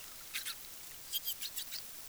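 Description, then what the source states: Amazon river dolphin calls: short, high, squeaky pulsed bursts, about seven within two seconds, over a steady background hiss. Calls of a calf.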